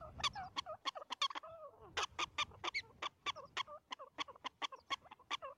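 Prairie dog producing quick sharp chirping barks, with one longer wavering whine early on, then the rapid barking continues.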